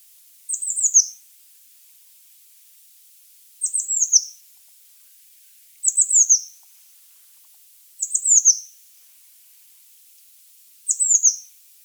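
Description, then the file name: Eurasian blue tit calls, very high thin descending notes in short clusters, repeated every few seconds, five times, with nothing else heard. "Cyanistes caeruleus"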